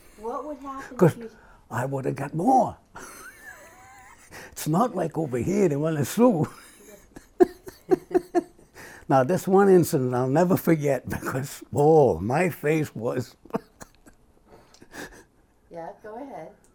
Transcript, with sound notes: What would happen —
'Cause I woulda got more. [laughs] It's not like over here, they wanna sue! [laughs] Now this one incident, I'll never forget - because, oh, my face was - [laughs]
Yeah, go ahead.